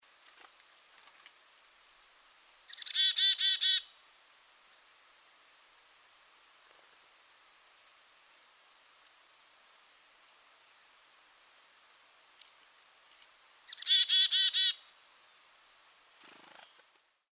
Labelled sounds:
Black-capped Chickadee (Poecile atricapillus)

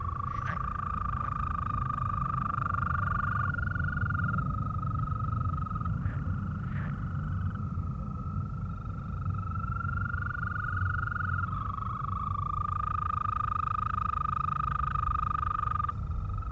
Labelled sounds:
Green Toad (Bufo viridis) call

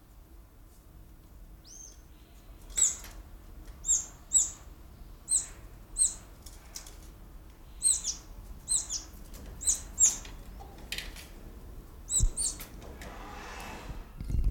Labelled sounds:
Speckled Mousebird (Colius striatus)

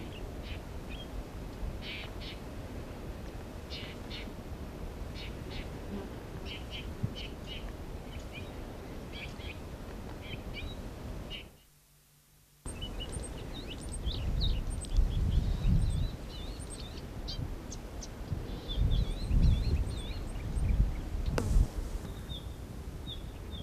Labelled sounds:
Palestine Sunbird (Cinnyris osea) call

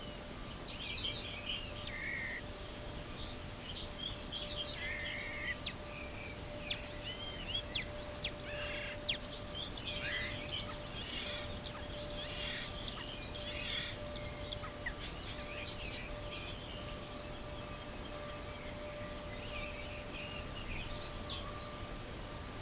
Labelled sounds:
Ortolan Bunting (Emberiza hortulana) call

